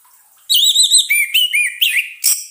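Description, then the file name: Orange-headed thrush song: a quiet start, then a loud run of clear whistled phrases, wavering and slurred, shifting through varied notes and ending in a sharp higher note. Therapy sound for an orange-headed thrush, locally 'anis merah', that has stopped singing ('macet bunyi'). "terapi suara anis merah macet bunyi"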